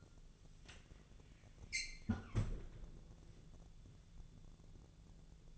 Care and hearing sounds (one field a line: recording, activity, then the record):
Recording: daily activity, microphone in the room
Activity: close fridge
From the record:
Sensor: 4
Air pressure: 1000.9 hPa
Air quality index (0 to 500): 130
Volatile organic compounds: 1 ppm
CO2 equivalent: 972 ppm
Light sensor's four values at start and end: 28/66/28/30 and 32/76/32/34